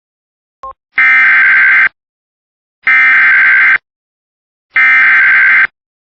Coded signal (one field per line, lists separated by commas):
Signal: Emergency Alert System (SAME) tones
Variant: header bursts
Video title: EAS #21 / Severe Thunderstorm Warning for Imperial, CA